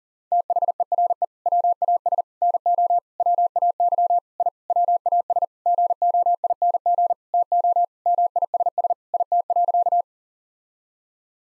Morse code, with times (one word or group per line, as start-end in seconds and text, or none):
0.3-1.2 THERE
1.5-2.2 WAS
2.4-3.0 NO
3.2-4.2 WAY
4.4-4.5 I
4.7-5.4 WAS
5.7-7.1 GOING
7.3-7.8 TO
8.1-8.9 MISS
9.1-10.0 IT.